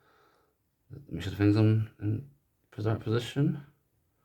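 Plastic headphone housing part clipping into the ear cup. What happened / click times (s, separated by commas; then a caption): The part is being positioned but has not clicked into place yet / none. A plastic housing part of a Kotion Each G2000 headphone is positioned on the ear cup after its wiring has been reconnected, so that it can clip together. Someone talks throughout, with only faint handling between the words. The part has not clicked or seated yet.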